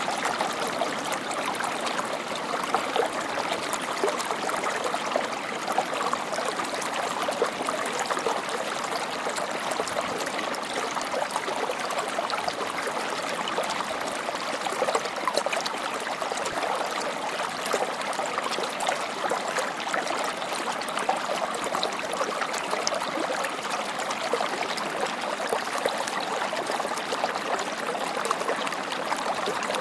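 Running water rushes steadily for the whole half minute, a dense, bubbling wash like a stream spilling over stones. The sound stays even in loudness, full in the middle and bright on top, with quick splashy flickers throughout and little low rumble.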